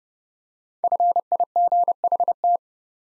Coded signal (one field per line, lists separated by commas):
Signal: Morse code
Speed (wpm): 30 wpm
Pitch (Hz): 700 Hz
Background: none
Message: FIGHT